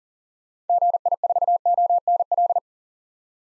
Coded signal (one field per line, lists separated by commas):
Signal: Morse code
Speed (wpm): 40 wpm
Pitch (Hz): 700 Hz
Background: none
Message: GI4ONL